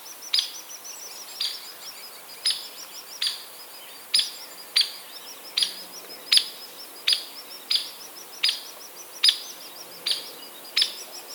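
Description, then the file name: Hairy woodpecker calls: sharp, explosive peek notes repeated many times over faint background hiss. "Picoides villosus - Hairy Woodpecker"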